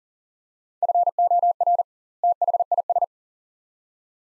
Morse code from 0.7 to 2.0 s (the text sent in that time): FOR